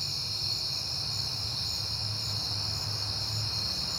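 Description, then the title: Crickets chirp in a continuous shrill chorus of quick pulses while a low vehicle rumble rises and falls in the background. Night, September; crickets heard often lately, recorded on a peaceful night with passing cars. "Night Time: Crickets and Passing Cars"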